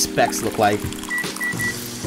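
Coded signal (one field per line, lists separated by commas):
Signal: none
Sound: coffee game interface beeps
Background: speech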